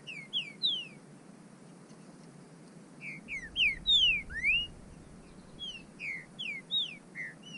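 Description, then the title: Bird song of clear descending whistles delivered in quick phrases, one brief upswept note among them, with pauses between bursts and a low rumble midway. "burung"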